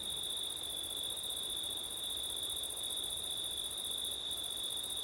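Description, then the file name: Cricket song as a continuous high-pitched ringing trill, one short gap near the end, with constant breezy hiss below. Crickets on a windy September night, ORTF stereo microphone setup. "crickets wind september night ortif"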